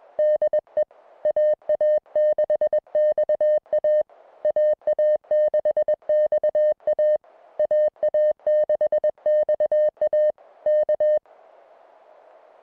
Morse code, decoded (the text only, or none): DE AA6XA AA6XA AA6XA K